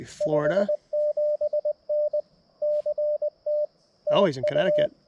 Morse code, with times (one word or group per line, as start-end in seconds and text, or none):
0.2-2.2 57N
2.6-3.6 CT
4.1-4.9 TU